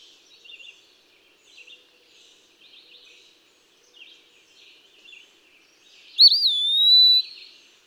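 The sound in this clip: Eastern wood-pewee song: soft twittering of other birds throughout, then a loud whistle that swoops up and holds steady for about a second.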